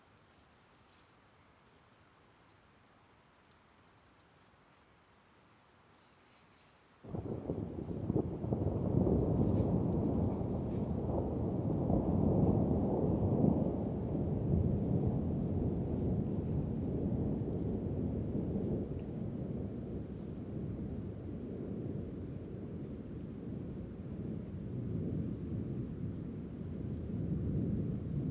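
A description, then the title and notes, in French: Close thunder rolls in after about seven seconds of near silence, breaking in abruptly with a deep, loud rumble. The low roar churns and fluctuates without letting up, easing only slightly in the later seconds as it continues to the end. L'orage est proche. Gorges Chandel - Nagra seven - mkh8020 - stéréo. Les cinq premières minutes d'un orage qui a duré plus de quarante. En cette soirée de fin de printemps pas une goutte d'eau ne va tomber me laissant apprécier le roulement du tonnerre.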